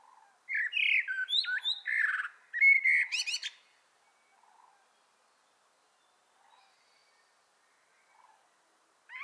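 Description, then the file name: Common blackbird delivering a rich warbled whistle phrase with a high twittered ending, followed by several seconds of near silence with faint soft notes. "Turdus merula"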